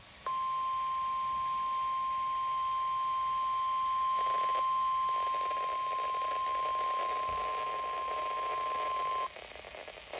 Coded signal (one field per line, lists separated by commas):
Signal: Emergency Alert System (SAME) tones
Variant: 1050 Hz attention tone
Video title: EAS ALERTS COMPILATION 2017-2018 (EAS ALERTS 6-13)